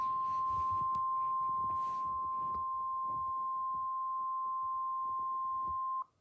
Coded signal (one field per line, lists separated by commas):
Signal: Emergency Alert System (SAME) tones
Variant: 1050 Hz attention tone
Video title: EAS 4 TOR